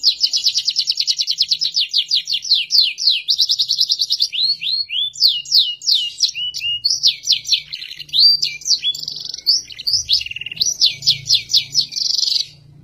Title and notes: Kicau Masteran Burung Kenari. suara burung kenary buat masteran